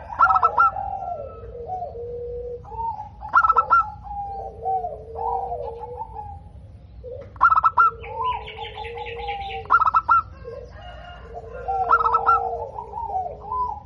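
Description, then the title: Zebra dove song: repeated phrases, each opening with a burst of sharp staccato notes followed by rolling, wavering low coos. Local zebra dove in top singing form (gacor), with a loud, crystal-clear voice. "PERKUTUT LOKAL GACOR Suara KRISTAL LANTANG"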